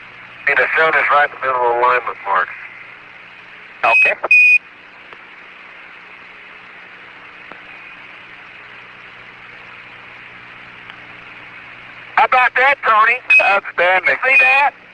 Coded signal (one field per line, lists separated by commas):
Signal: Quindar tones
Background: speech